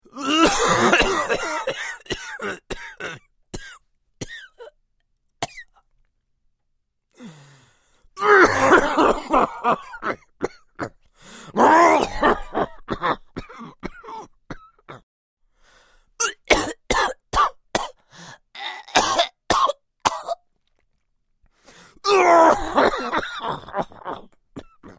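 An adult coughing in several fits: clusters of short, harsh cough bursts separated by brief pauses of silence.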